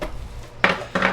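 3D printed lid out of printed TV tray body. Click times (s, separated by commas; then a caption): 0.6 s. A locked 3D printed plastic lid is pulled back out of a 3D printed TV tray body and releases with a sharp pop at 0.6 s. Two more short knocks follow at about 1.0 s and 1.1 s.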